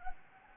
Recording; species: mosquito wingbeat signal from an infrared sensor; Anopheles gambiae